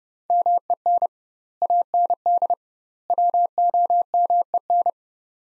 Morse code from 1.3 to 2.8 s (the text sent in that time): AND